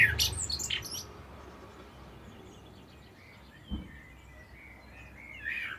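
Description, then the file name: Common blackbird: a quick burst of high notes in the first second, then steady background noise with faint bird notes and a brief low thud. "Turdus merula"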